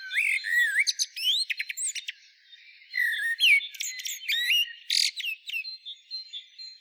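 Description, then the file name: Common blackbird giving repeated phrases of mellow whistled notes, each ending in rapid high squeaky twittering, with short gaps between phrases. "Turdus merula"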